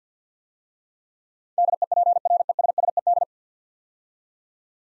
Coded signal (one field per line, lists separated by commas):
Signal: Morse code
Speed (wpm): 47 wpm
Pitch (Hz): 700 Hz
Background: none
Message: DEPRESSED